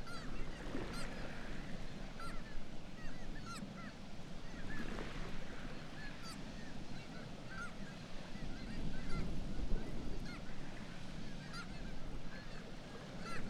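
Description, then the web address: Black-legged kittiwakes, several birds giving repeated cries that overlap throughout, over a steady deep roar. "Black legged kittiwake. صدای-پرنده-کاکایی-پاسیاه"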